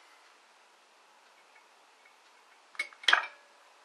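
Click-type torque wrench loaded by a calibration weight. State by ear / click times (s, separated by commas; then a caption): torque reached / 3.1 s. A weight hung on a steel wire at the marked point of a click-type torque wrench set to 25 ft-lb is slowly let go, loading the wrench during calibration. Faint background hiss gives way to a few small metallic ticks around 2.8 s. The wrench breaks over with a sharp, bright click at 3.1 s, confirming it reaches its 25 ft-lb setting.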